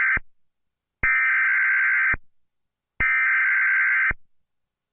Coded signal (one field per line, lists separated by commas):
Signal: Emergency Alert System (SAME) tones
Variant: header bursts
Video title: EAS Tornado Warning